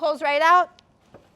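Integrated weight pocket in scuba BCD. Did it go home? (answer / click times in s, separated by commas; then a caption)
no / none. A woman talks briefly while handling the plastic integrated weight pocket of an Aqua Lung Pearl scuba BCD. A faint, short knock follows at about 1.2 s before the clip goes quiet. The weight pocket has not yet been pushed back into its slot, and nothing has clicked or seated yet.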